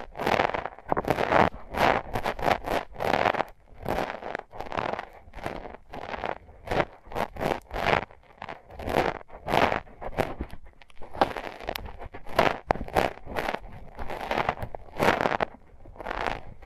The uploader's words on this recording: ASMR Sensitive Tingles with Mics Under Tape (No Talking).